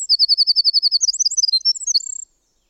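Winter wren song fragment: an even, fast trill of high notes followed by a few quick tinkling phrases, ending abruptly after two seconds.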